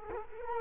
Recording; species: mosquito wingbeat signal from an infrared sensor; Culex quinquefasciatus